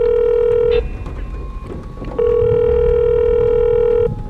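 A mobile phone call's ringback tone: two long, steady buzzing rings with a pause between them, a constant mid-pitched hum with bright overtones, fairly loud over a faint background murmur.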